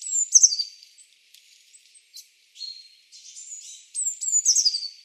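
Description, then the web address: Eurasian blue tit calls: thin, high, downslurred notes and short buzzy bursts, scattered irregularly with gaps of quiet between them. "cianscape. Deverinetal"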